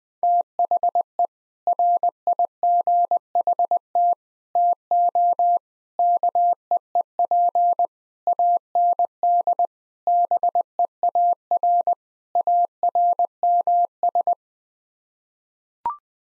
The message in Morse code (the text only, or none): THE RIGHT TO KEEP AND BEAR ARMS